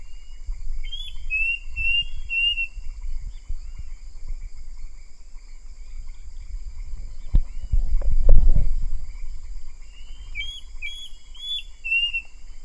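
Bird whistling two short phrases of slurred, looping notes, one at the start and one near the end, with sharp knocks and low rumbling noise between them.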